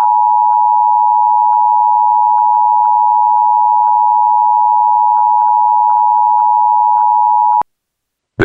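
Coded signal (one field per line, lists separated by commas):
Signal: Emergency Alert System (SAME) tones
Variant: 853 and 960 Hz attention tone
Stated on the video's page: AMBER Alert for a kidnapping.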